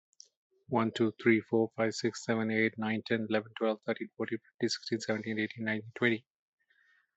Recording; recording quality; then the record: counting at a fast pace; excellent, no background noise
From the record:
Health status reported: healthy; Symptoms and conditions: diabetes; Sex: male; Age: 42 years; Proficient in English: yes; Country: India